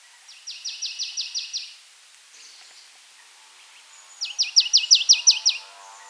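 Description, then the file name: Marsh tit giving two fast rattling series of about eight clipped, chattering notes each, the second burst louder, separated by a short pause with faint thin calls. "Poecile palustris"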